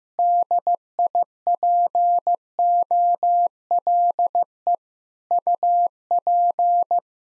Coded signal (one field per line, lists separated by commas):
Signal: Morse code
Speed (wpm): 15 wpm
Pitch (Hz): 700 Hz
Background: none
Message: DIPOLE UP